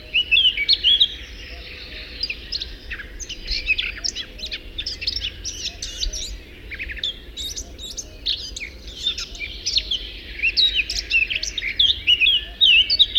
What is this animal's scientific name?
Sylvia atricapilla